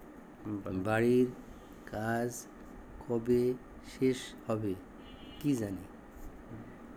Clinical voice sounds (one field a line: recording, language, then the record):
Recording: elicited speech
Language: Bengali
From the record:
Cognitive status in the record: dementia